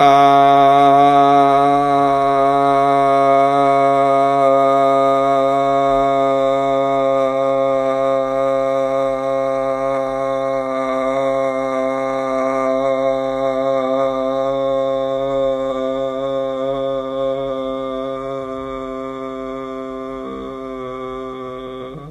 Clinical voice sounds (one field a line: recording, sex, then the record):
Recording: sustained vowel /a/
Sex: male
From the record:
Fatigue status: no fatigue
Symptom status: asymptomatic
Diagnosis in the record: COVID-19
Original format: m4a